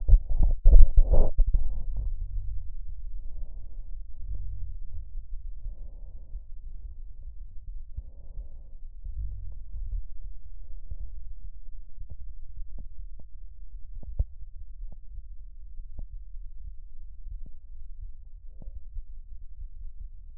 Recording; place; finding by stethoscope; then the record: heart sounds by stethoscope; aortic valve (AV); normal heart sounds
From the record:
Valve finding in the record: normal valve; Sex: male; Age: 85 years